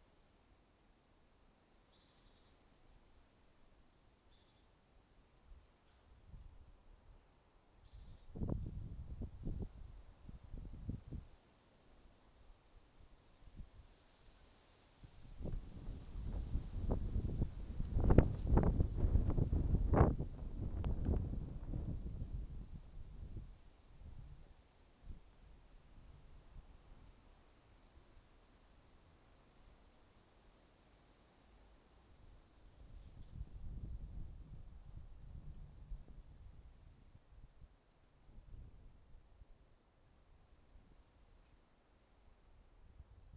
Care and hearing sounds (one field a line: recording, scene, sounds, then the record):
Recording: everyday scene through a hearing-aid microphone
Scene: wind on the microphone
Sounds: wind, traffic, birds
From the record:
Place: suburban garden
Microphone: in the ear canal, right